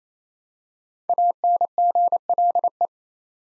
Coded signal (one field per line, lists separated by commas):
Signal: Morse code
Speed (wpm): 27 wpm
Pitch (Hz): 700 Hz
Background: none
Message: ANGLE